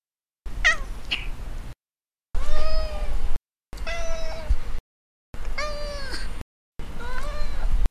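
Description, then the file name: Cat meowing, several drawn-out meows with clear harmonics separated by short silent gaps, some rising then falling in pitch. "fang meows"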